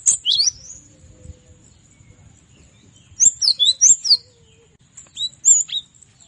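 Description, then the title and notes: Cinereous tit giving a few high, sweeping chirped notes, then a tight cluster of rapid whistles, and a short final phrase after a pause. Song used to tutor captive songbirds. "Masteran Gelatik Batu. burung gelatik"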